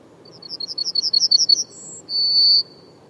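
Bird song: a rapid series of high chirping notes alternating between two pitches, then a short thin whistle and a final long, steady high whistle.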